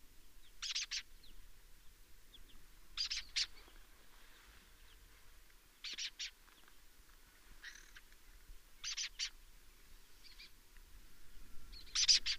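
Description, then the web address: Lesser kestrel giving harsh, rasping double notes in short bursts every two to three seconds, with fainter calls between, over a quiet background hiss. "sound Lesser-kestrel. صدای-پرنده-دلیجه-کوچک"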